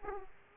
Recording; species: mosquito wingbeat signal from an infrared sensor; Aedes aegypti